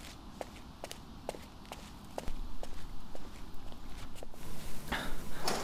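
Steady footsteps walk at an even pace toward a door, each step a crisp click, over a low background rumble that grows louder partway through, ending with a brief rustling burst.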